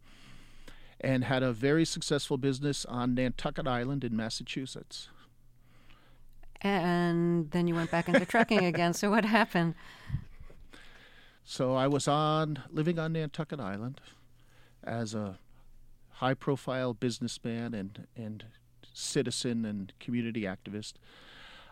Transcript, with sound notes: and had a very successful business on Nantucket Island in Massachusetts.
And then you went back into trucking again.
(Laughter).
So what happened?
So I was on - living on Nantucket Island as a high-profile businessman and citizen and community activist.